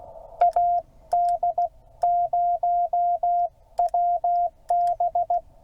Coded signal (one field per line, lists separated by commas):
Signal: Morse code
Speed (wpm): 16 wpm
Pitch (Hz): 690 Hz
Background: none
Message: AD0WB